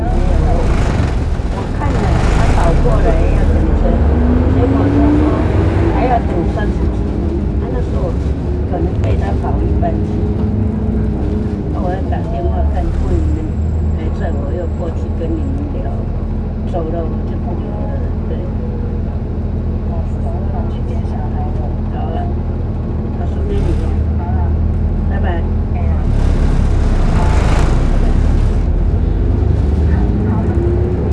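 A bus ride with a constant low engine rumble filling the whole recording, its pitch rising and falling as the vehicle speeds up and slows. Voices talk intermittently over the drone, and brief hissing bursts occur near the start and around 27 seconds.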